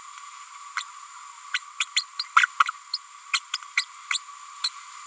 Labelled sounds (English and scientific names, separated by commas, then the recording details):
Green-rumped Parrotlet (Forpus passerinus) babbling
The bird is a female
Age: 30 days
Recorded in a nest box in Venezuela
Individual 17B102A6